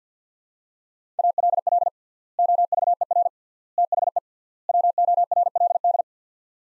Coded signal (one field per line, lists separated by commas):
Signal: Morse code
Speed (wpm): 48 wpm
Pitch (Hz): 700 Hz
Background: none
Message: ALL OVER THE WORLD